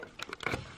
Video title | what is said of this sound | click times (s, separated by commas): How to install a Front Panel USB3 Hub | right I heard it click and that's it it's all I can show you but | 0.5 s